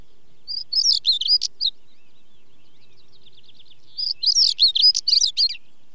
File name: Stonechat song with chaffinch and skylarks in background